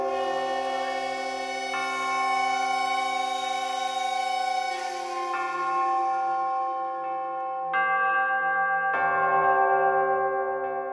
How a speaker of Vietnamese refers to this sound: Ở trên tường, chiếc đồng hồ vẫn cứ điểm 12 giờ đêm.